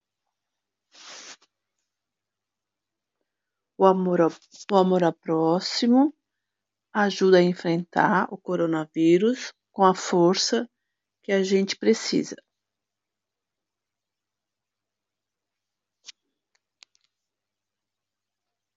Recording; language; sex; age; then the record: spoken sentence; Brazilian Portuguese; female; 50 to 59 years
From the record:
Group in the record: control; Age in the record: 56 years